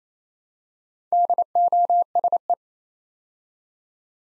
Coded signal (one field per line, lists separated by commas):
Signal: Morse code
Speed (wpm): 29 wpm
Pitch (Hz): 700 Hz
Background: none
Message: DOSE